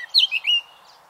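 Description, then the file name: Eurasian blackcap giving a brief phrase of a few clear, slurred whistled notes, high-pitched, lasting about half a second. "Sylvia atricapilla"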